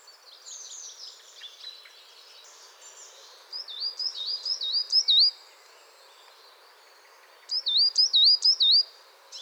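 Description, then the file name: Coal tit calls: soft high twittering at first, then two bursts of clear, bright whistled notes repeated several times. Chattering calls. "MESANGE NOIRE BAVARDE"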